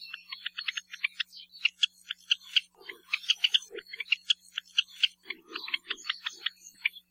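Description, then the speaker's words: Java sparrow song, a rapid run of bright clicking chips and piping notes mostly high-pitched, with a few lower soft notes interspersed, continuing throughout. Native only to Java and Bali, Indonesia; common near people, where its songs and calls form part of the soundscape. "Because they're so common where people live, the songs and calls of the Java sparrow can be an important part of our soundscape."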